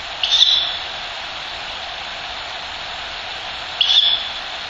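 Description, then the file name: Ural owl chick giving two short, hoarse hissing screeches about three and a half seconds apart, over a steady background hiss. Chick; recorded 19 December 2005. "フクロウ雛 2005121900"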